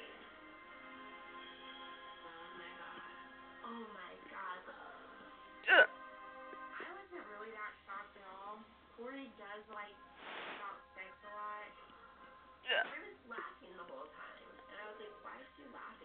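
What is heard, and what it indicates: Voiced, speech-like sounds are broken by about three sudden sharp bursts at irregular intervals of a few seconds. The abrupt catches cutting into the voice fit hiccups occurring while an adult is talking.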